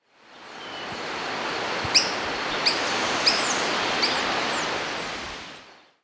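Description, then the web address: Montane Foliage-gleaner calling with four abrupt, high, sharp notes less than a second apart, set against broad hissing background noise and faint thin whistles. Recorded in Ecuador. "Birds of Ecuador. Montane Foliage-Gleaner"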